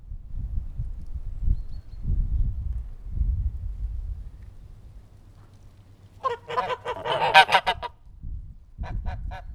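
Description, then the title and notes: Goose: geese honking in a short loud burst of harsh, nasal calls after several seconds of low rumbling background noise, with a few more honks near the end. Loud geese recorded in Langel, Cologne, Germany. "Langel, Köln, Deutschland - Gänse. Laute Gänse. Loud Goose"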